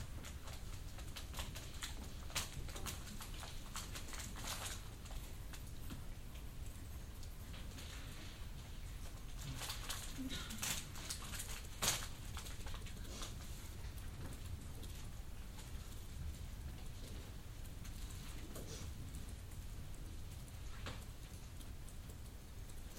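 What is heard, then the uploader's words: A quiet reading room with a low steady hum, soft scattered rustles and small clicks, and brief brighter taps around ten to twelve seconds. Quiet sounds in the reading room of the Central Library in The Hague.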